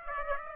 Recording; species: mosquito wingbeat signal from an infrared sensor; Aedes aegypti